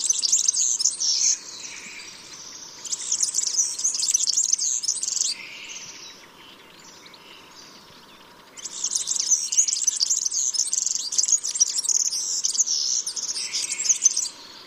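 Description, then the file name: European serin song: rapid, jingling high-pitched twittering in three bursts separated by pauses, with faint softer chirps between them. "Verzellino"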